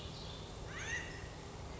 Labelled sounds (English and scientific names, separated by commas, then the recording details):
California Quail (Callipepla californica)
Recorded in Sonoma County, California